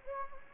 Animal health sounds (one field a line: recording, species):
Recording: mosquito wingbeat signal from an infrared sensor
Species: Anopheles gambiae